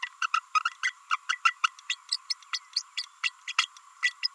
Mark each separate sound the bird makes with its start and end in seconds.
0.02-0.09, 0.22-0.27, 0.33-0.39, 0.83-0.93, 1.10-1.17, 1.29-1.38, 1.45-1.53, 1.63-1.67, 1.89-1.95, 2.11-2.17, 2.29-2.33, 2.53-2.59, 2.75-2.82, 3.23-3.31, 3.48-3.53, 3.58-3.67, 4.02-4.13, 4.22-4.27